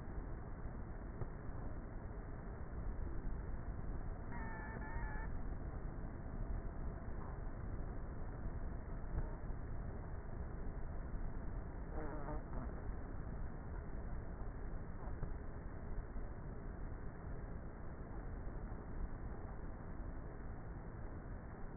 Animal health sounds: honeybee colony, microphone inside the hive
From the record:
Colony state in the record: queenless with a low population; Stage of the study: before two queens were removed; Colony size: about 30,000 bees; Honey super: no

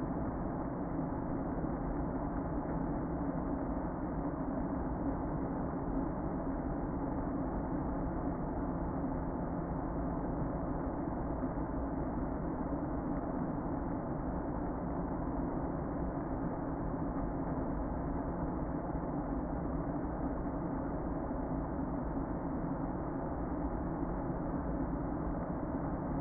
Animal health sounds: honeybee colony, microphone inside the hive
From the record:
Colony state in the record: queen present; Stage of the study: before two queens were removed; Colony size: about 60,000 bees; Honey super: yes

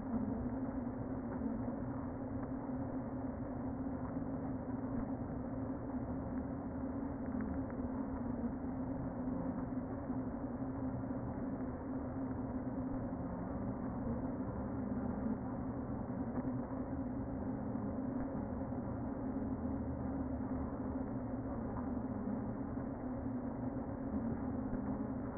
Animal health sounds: honeybee colony, microphone inside the hive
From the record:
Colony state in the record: queen present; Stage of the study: before two queens were removed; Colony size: about 60,000 bees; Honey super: yes

